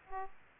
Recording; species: mosquito wingbeat signal from an infrared sensor; Aedes aegypti